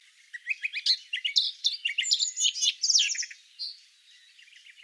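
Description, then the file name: Eurasian blackcap song: a dense, fast warble of varied chirps, trills and clear whistled notes for about three seconds, then fading into softer, scattered notes. "Sylvia atricapilla"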